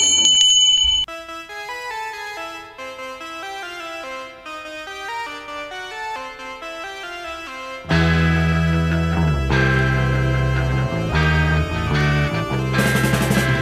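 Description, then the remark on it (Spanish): A man rings a bell: a bright, ringing bell tone opens, followed by a steady chiming melody of clear high notes; after several seconds a loud full-band song with heavy bass takes over. “Pues venga, dele al timbre ahora.”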